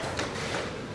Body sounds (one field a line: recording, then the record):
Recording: coughing mixed with background sound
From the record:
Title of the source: Coughing Woman Sound - Woman Cough Sound Effect